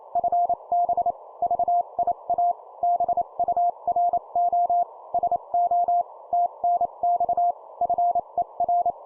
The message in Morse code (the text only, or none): FB VIA BURO SO TNX FER